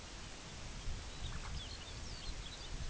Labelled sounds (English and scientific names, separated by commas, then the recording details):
Lapland Longspur (Calcarius lapponicus), unidentified sound
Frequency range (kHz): Lapland Longspur (Calcarius lapponicus) 1.9-6.8 kHz
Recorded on Arctic tundra, site UTQI-2, on 17 June 2019
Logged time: 14:00